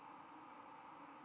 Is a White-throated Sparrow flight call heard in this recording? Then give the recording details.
no. No flight call is heard. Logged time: 11:02 on 11 November 2014